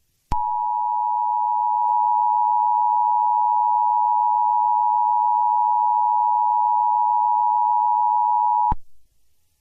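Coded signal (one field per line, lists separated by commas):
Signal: Emergency Alert System (SAME) tones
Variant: 853 and 960 Hz attention tone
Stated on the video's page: Joke EAS scenario, not a real alert.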